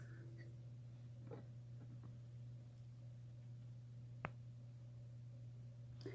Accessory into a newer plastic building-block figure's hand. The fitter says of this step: Yeah, it's not as nice satisfying click. Plus, it's like really deep in there.